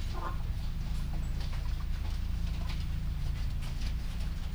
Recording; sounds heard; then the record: poultry house recording; sick chickens (respiratory disease)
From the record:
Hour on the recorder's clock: 3